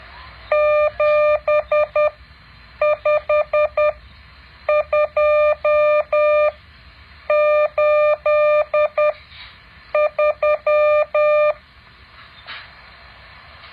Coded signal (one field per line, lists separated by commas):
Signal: Morse code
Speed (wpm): 10 wpm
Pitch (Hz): 600 Hz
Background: none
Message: 75283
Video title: แบบฝึกหัด Morse code 9.7